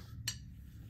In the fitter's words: and there's that little pin that'll lock into place and